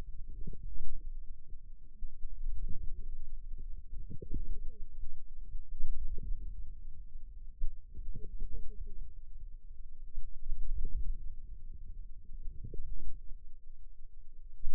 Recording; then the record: forearm muscle sounds (acoustic myography)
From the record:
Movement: wrist flexion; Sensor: system 2, bracelet of six BSWA MPA416 microphones around the upper forearm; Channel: 1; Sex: female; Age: 21 years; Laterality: right